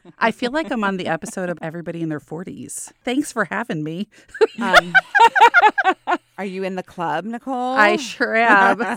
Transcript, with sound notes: I feel like I'm on the episode of Everybody in Their 40s. Thanks for having me. (laughing)
Are you in the club, Nicole?
I sure am.